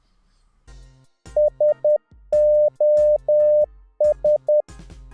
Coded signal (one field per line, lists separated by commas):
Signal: Morse code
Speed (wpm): 10 wpm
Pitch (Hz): 600 Hz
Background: music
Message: SOS